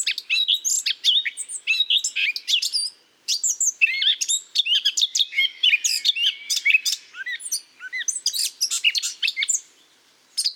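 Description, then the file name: Eurasian blackcap warbling song, a continuous stream of quick high chirps, trills and slurred whistled notes with short pauses near three and ten seconds. "Sylvia atricapilla"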